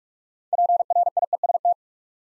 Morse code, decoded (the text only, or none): PRIEST